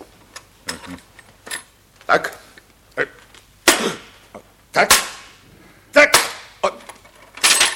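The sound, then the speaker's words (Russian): An axe hacks at a hermetically sealed iron chest in the salon of the Nautilus in a series of sharp, heavy blows, irregularly spaced and growing louder, each strike ending in a bright metallic clank and rattle. “Прежде всего, вскроем сундук. Он железный и герметически закрыт.”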